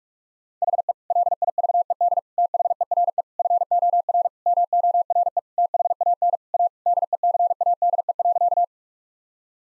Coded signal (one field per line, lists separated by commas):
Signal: Morse code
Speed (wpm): 46 wpm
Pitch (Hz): 700 Hz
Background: none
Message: HE LIVED THERE FOR MORE THAN A DECADE.